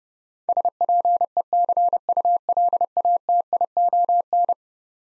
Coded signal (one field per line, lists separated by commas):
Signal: Morse code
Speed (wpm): 30 wpm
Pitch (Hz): 700 Hz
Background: none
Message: SPECULATION